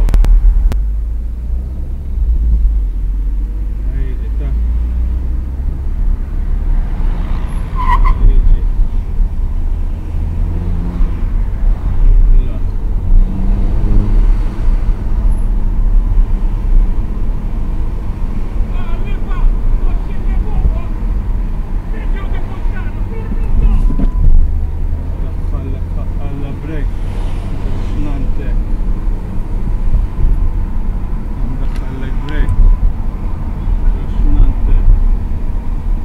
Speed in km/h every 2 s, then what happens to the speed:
18, 22, 29, 33, 34, 38, 38, 45, 47, 49, 44, 36, 37, 42, 46, 47, 48, 49.
0-17 speeds up to 49. 17-22 slows to 36. 22-27 speeds up to 46. 27-36 steady at about 47.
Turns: none.